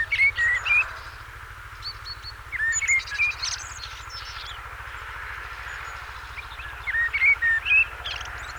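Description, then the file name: Common blackbird song in three phrases: fluty whistled notes followed by thin squeaky twitters, separated by pauses of a few seconds, steady low hum beneath. "Turdus merula"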